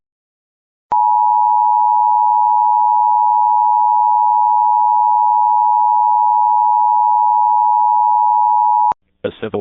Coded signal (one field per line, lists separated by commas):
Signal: Emergency Alert System (SAME) tones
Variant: 853 and 960 Hz attention tone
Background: speech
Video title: EAS #836 Missouri Statewide Blue Alert